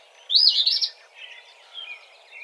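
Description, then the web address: Eastern phoebe giving a single short raspy phrase, a buzzy burst followed by a softer, lower stuttering trail. Recorded 17 March 2007. "Eastern Phoebe 2007 03 17"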